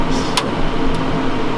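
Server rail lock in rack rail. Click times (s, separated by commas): 0.4 s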